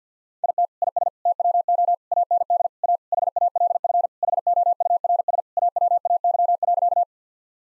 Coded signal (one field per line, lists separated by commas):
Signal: Morse code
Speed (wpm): 50 wpm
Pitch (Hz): 700 Hz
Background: none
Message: IT IS TWO AND A HALF HOURS AWAY.